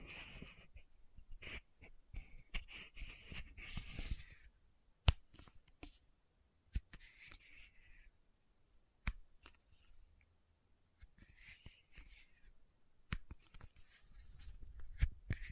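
Sharp irregular taps on a bottle and lid, with bursts of bright scratching around 0–4, 7–8 and 12–13 seconds.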